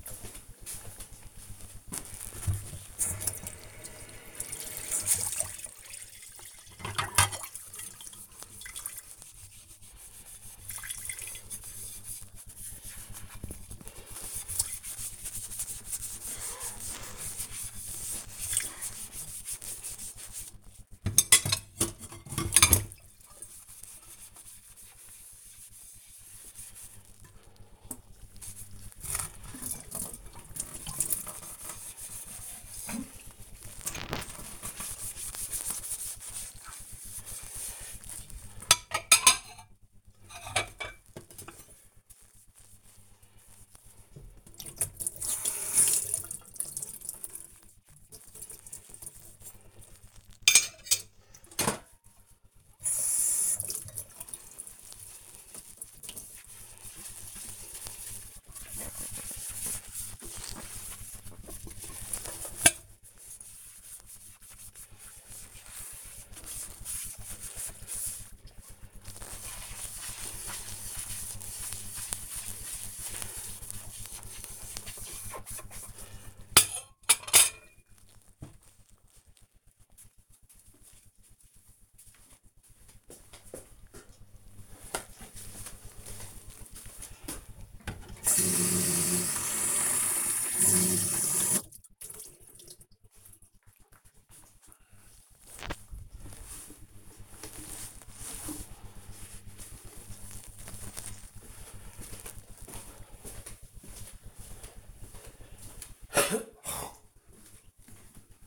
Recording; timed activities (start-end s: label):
household activities, microphone on the right wrist
1.65-78.10 s: washing dishes
88.18-108.47 s: watering plant